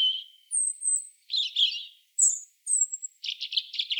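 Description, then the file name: European robin brief song: a clear whistle, thin very high drawn-out notes and scratchy rapid trills; otherwise silent. "Erithacus rubecula"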